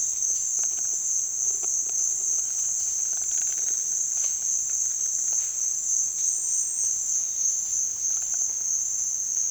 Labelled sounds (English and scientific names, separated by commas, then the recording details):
none
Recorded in dense forest near Puerto Asís, Putumayo, Colombia, on 29 June 2025 at 16:00
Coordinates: 0.468, -76.322
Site GP03